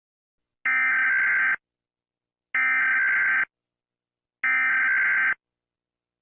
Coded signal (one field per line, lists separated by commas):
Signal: Emergency Alert System (SAME) tones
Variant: header bursts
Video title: Eas Scenario (The Tsunami)